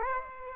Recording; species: mosquito wingbeat signal from an infrared sensor; Aedes aegypti